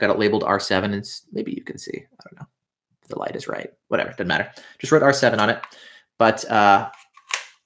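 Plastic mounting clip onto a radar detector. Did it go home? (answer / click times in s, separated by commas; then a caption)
yes / 7.3 s. A plastic mounting clip labelled R7 is slid onto the back of a radar detector while someone talks. It snaps into place with a sharp click at 7.3 seconds, seating the clip on the detector.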